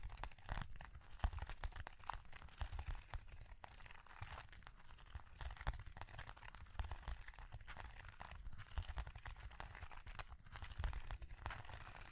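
Tapping and scratching sounds from ear cleaning continue without pause, dense and irregular, with a crinkly, crumpling texture. Sharp bright clicks and taps stand out every second or so, over a steady low rumble. No clear jingling comes through.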